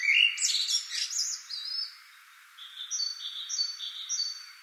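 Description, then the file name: Common blackbird song: a brief warbled phrase ending in squeaky high notes, followed by another bird's steady series of paired whistled notes. "Turdus merula"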